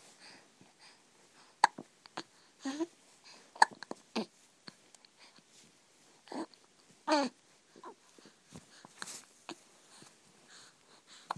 Baby hiccups.